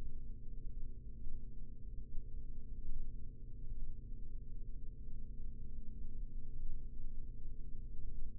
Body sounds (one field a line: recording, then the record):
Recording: forearm muscle sounds (acoustic myography)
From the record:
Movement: rest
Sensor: system 3, bracelet of six PUI Audio POM-2738L microphones around the upper forearm, with dedicated amplification and filtering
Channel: 2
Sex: male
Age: 43 years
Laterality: right